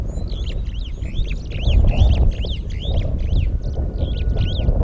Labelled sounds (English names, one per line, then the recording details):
Superb Starling flight call
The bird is a male
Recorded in Kenya on 8 July 2008 at 09:05
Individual 65, of group MRCV